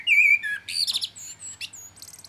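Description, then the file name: Common blackbird song: a loud fluted whistle near the start, followed by a rapid jumble of squeaky, twittering high notes and thin whistles. "Turdus merula"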